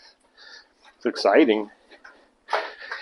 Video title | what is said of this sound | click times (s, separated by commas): 1972 Z50 points & kickstarter Part2 | Yeah, it's just stripped. | 2.0 s, 2.9 s